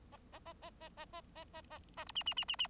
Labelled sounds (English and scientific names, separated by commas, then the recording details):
Bengalese Finch (Lonchura striata domestica) song
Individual Bird4